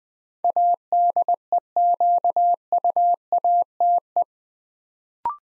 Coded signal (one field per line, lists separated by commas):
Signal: Morse code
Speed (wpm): 20 wpm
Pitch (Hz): 700 Hz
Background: none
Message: ADEQUATE